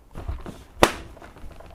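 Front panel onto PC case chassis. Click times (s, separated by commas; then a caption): 0.8 s. A plastic front panel is pushed back onto the chassis of a SaharaGaming Black Alien ATX RGB PC case. After some soft handling noises, it snaps into place with a sharp, loud click at 0.8 s, followed by a few faint knocks. The panel is confirmed seated.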